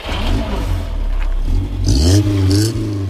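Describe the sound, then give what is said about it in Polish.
A race car engine fires up after its doors are closed, during FIA-mandated tests, and revs, its low rumble rising and falling in pitch with a couple of throttle blips, steady and loud throughout. “Zamykamy drzwi, samochód za chwilę odpalamy i będziemy gotowi.”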